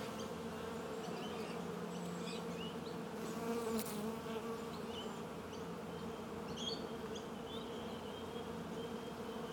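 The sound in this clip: Bees humming in a continuous low drone, with a brief click near the middle.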